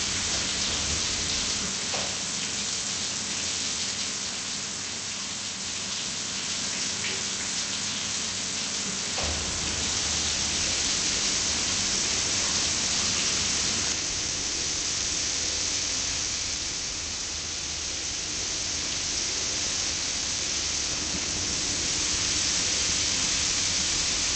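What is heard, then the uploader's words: A shower runs steadily, a dense hiss of water spray that stays bright and even throughout. The level swells slightly around ten and twenty seconds, and a few soft knocks or splashes stand out near two and nine seconds. Shower.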